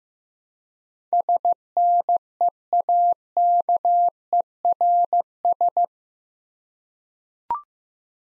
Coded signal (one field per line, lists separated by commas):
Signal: Morse code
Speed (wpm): 15 wpm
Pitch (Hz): 700 Hz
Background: none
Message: SNEAKERS